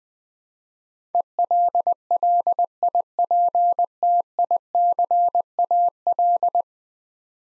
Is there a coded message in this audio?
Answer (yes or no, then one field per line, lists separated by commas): yes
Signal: Morse code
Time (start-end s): 1.1-6.6 s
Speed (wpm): 20 wpm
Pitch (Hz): 700 Hz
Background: none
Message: ELLIPTICAL